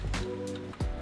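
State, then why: Not seated. An AC wiring harness plug is handled at the socket on the back of a car stereo head unit. A low steady hum runs under two brief bumps at about 0.7 s and 0.8 s. Nothing has seated or clicked yet.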